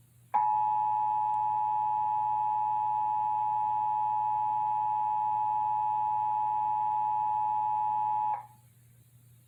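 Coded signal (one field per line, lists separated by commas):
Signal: Emergency Alert System (SAME) tones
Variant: 853 and 960 Hz attention tone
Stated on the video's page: Indiana Required Monthly Test received via Comcast cable.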